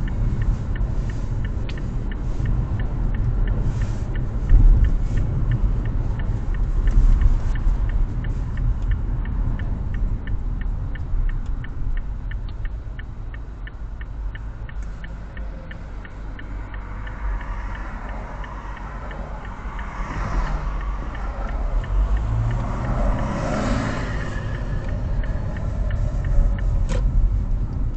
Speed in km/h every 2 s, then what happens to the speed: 45, 44, 43, 38, 27, 14, 0, 0, 0, 0, 0, 13, 17, 26.
0-12 brakes to 0. 12-20 standing. 20-25 pulls away to 26.